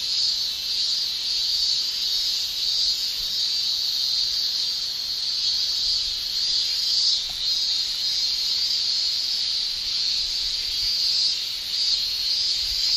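Cicada drone, an unbroken high hiss-like buzz holding steady throughout with mild waves in volume.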